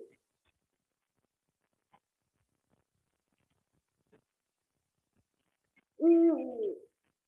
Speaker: Näin äänteli huuhkaja tässä näillä jokioisten kulmilla